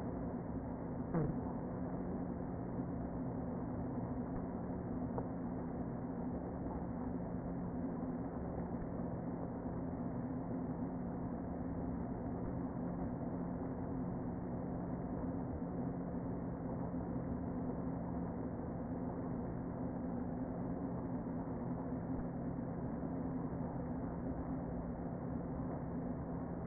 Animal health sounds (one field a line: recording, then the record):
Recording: honeybee colony, microphone inside the hive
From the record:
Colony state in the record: queen present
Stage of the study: before two queens were removed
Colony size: about 60,000 bees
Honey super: yes